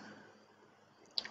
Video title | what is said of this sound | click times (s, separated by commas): WeeRide Deluxe Child Bike Trailer Video | and then the reverse when you want to attach the pin locks into place | 1.2 s